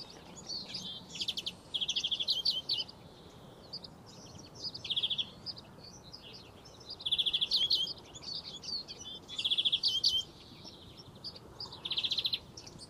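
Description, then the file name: European greenfinch, several short bursts of quick, dry chattering twitters spaced a second or two apart, mixed with thinner high notes. "Chloris chloris"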